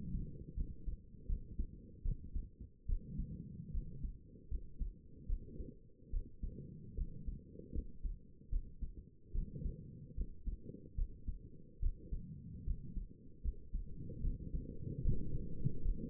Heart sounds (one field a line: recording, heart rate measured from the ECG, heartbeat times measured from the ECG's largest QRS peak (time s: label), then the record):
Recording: heart sounds by stethoscope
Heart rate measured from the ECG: 75 bpm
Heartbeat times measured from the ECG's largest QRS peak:
0.55 s: heartbeat
1.27 s: heartbeat
2.04 s: heartbeat
2.87 s: heartbeat
3.73 s: heartbeat
4.50 s: heartbeat
5.28 s: heartbeat
6.11 s: heartbeat
6.96 s: heartbeat
7.74 s: heartbeat
8.51 s: heartbeat
9.33 s: heartbeat
10.16 s: heartbeat
10.96 s: heartbeat
11.81 s: heartbeat
12.66 s: heartbeat
13.43 s: heartbeat
14.22 s: heartbeat
15.03 s: heartbeat
15.83 s: heartbeat
From the record:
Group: healthy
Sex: female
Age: 22 years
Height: 163 cm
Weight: 67.1 kg